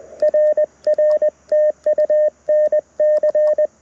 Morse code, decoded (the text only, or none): RR TU NC